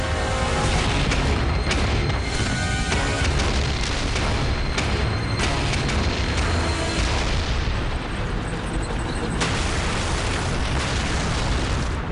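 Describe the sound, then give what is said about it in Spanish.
Huge explosions and artillery fire roar continuously at the Battle of El Alamein, as anti-tank guns open fire on advancing armored vehicles about 700 meters from the lines, with sharp booms cracking through a dense, rumbling wall of blasts that stays loud throughout without any pause. “Enormes explosiones.”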